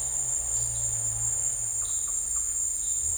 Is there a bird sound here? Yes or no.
no